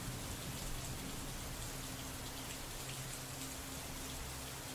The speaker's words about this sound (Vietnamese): Tiếng mưa vẫn cứ rơi lộp bộp đều đều.